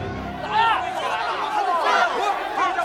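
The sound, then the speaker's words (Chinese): A dense crowd of spectators in the stands of a match arena roars in a continuous wash of overlapping voices, with cheers and angry jeering shouts swelling in waves and rising above the steady babble. “此时观众台上已是一片哗然，当史莱克七怪升空飞起的时候，已经令观众们大跌眼镜。”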